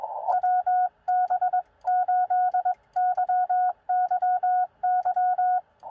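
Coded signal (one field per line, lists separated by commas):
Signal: Morse code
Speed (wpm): 21 wpm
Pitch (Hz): 1460 Hz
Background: none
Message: WB8YYY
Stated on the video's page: Sent with a bug on a QRP POTA park activation using a ham stick antenna and battery power.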